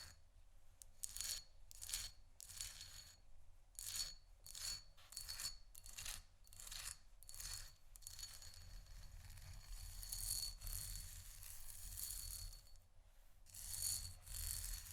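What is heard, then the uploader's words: Scratching and tapping on canisters, with a quick, uneven run of bright, crisp strokes, some short and separate, others blurring into longer rasping passes around the middle. A steady low hum sits underneath. ASMR Scratching & Tapping On Canisters（No Talking）.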